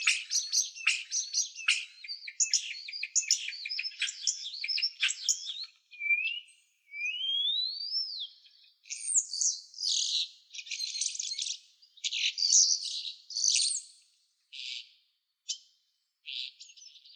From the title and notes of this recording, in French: Découvrir les oiseaux qui chantent autour du collège (à la belle saison !).